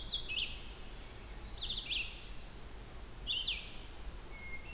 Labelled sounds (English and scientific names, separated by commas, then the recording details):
Red-eyed Vireo (Vireo olivaceus) song
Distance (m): 60 m
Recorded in boreal forest in Alberta, Canada, on 16 June 2016 at 07:14
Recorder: SongMeter 3, array SBT-3-32
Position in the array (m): 48 m, 11 m